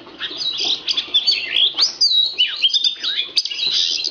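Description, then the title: Magpie-robin song, a continuous stream of high, scratchy warbling with swooping whistles and quick chips. Kacer poci form; national champion competition bird, singing vigorously in nembak (shooting) and ngerol (rolling) styles; seven kinds of song every three minutes. "Kacer Poci Gacor Nembak Dan Ngerol Juara Nasional. 7 macam suara kacer setiap 3 menit"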